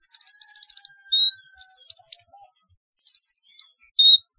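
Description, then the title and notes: Sunbird chirping: fast, very high trills under a second long, repeated three times, the first and last each followed by a single thin whistled note. "Kicau Burung Kolibri"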